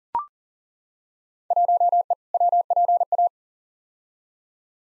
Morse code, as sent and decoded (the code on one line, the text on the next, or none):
.---- . / .-- .--. .-
1E WPA